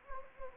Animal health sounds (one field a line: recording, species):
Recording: mosquito wingbeat signal from an infrared sensor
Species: Anopheles gambiae